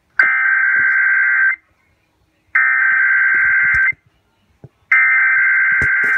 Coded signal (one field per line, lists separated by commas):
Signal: Emergency Alert System (SAME) tones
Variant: header bursts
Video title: EAS Test on 11/29/16